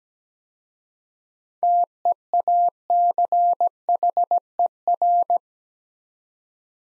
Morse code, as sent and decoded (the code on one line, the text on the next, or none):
- . .- -.-. .... . .-.
TEACHER